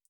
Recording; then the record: hydrophone in a shrimp aquaculture tank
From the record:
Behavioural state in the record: feeding